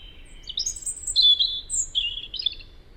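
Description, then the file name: European robin song: a continuous run of thin, high, sliding and trilled notes that rise and fall in pitch. "Erithacus rubecula"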